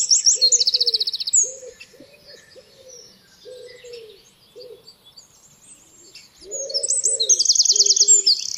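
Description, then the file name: Eurasian wren gives a quick high trilling phrase, falls silent as a dove coos low and repeatedly, then returns with another fast, ringing trill-laden burst. "Troglodytes troglodytes"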